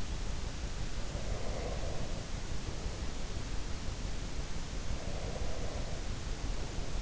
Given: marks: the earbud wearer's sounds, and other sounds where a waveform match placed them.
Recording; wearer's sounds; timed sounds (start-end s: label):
sounds in sleep by an in-ear microphone; breath
1.01-2.95 s: breath
4.94-7.02 s: breath